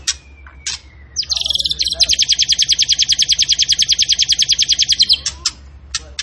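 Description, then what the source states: Tembakan bird giving a fast, even trill of high repeated notes lasting about four seconds, framed by sharp single chips. Cage bird in full, energetic song; a master recording used to train other cage birds.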